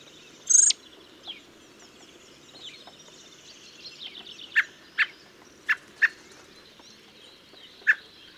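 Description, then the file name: Common blackbird calls as hard clicking chucks, a cluster of four followed by a single later one, after an earlier shrill note, with other birds chirping quietly. "Turdus merula"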